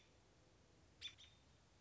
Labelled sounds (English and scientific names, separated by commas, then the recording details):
American Robin (Turdus migratorius)
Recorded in Sonoma County, California